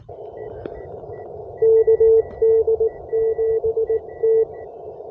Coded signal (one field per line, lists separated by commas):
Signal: Morse code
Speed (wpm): 19 wpm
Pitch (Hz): 450 Hz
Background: radio noise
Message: KD7T